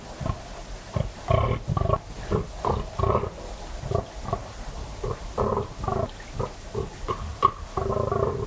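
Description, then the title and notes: Fallow deer groaning in a steady series of short deep belching grunts, roughly two per second, continuing throughout with brief gaps. Fallow buck rutting, warning off rivals and guarding his does; 3am, moonless, cold, still autumn night, West Dorset; guttural bellow echoing through combes and hills. "Sound Escape 38: the eerie and dramatic fallow deer rut on a dark Dorset night. It's 3am on an autumn night in West Dorset. A fallow buck is staking his claim, warning off rivals and guarding his does. A guttural bellow that bursts the quiet and echoes through the combes and hills. BBC Countryfile Magazine's Sound Escapes. Recorded by Kevin Parr"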